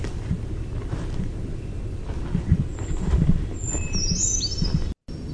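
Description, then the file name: Brown creeper song: a short, very high, thin phrase of wavering notes near the end, over continuous low rumble and scattered faint thumps. "BRCR song"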